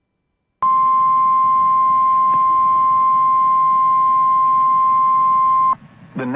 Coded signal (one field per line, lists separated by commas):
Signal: Emergency Alert System (SAME) tones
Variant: 1050 Hz attention tone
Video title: WE ARE HALF WAY TO EAS #500 EAS Alerts From 4/9/21 (EAS #445-457)